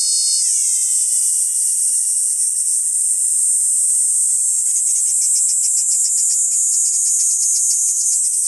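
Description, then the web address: Kaempfer cicada song, a loud continuous high-pitched hiss throughout, joined for the first four seconds by a steady layered tone that then breaks into fast pulses. "ニイニイゼミ. arpla 自然音研究室"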